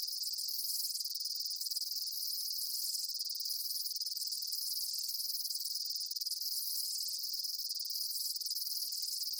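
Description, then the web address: Insect chirps blend into an even, high-pitched drone that never stops, with soft recurring swells. Daytime insect ambience, chirping bugs outdoors. "Blastwave INSECTS Amb Day Insects"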